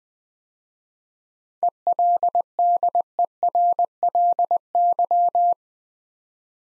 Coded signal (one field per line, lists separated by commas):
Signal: Morse code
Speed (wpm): 20 wpm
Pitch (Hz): 700 Hz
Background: none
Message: ELDERLY